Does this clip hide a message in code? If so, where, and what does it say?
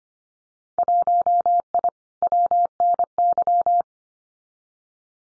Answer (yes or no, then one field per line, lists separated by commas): yes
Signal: Morse code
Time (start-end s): 0.8-3.8 s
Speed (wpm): 25 wpm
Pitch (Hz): 700 Hz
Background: none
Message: 1I WNY